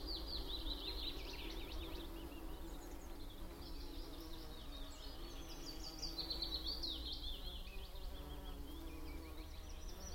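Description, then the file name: Bumblebees giving a steady low droning hum throughout, with bird twittering over it. A tree full of bumblebees in spring with birds singing, Beacon Fell, Preston. "Spring birds song and a tree full of bumble bees Beacon Fell Preston"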